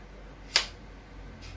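The centre column lock on a Zomei Q111 tripod is opened after being shown locked. A single sharp snap is heard at 0.6 s against a quiet background. The lock is released.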